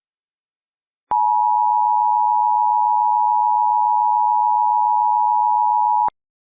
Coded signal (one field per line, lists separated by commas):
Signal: Emergency Alert System (SAME) tones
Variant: 853 and 960 Hz attention tone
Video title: EAS Scenario: Remember Me Forever - Spring Fling 2023 Entry